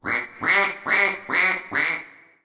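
Duck quacking, five loud harsh quacks at a steady pace, the last one trailing off; nothing else heard.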